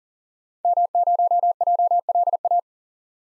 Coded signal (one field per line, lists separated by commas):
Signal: Morse code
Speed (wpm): 40 wpm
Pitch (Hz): 700 Hz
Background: none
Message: M0JLA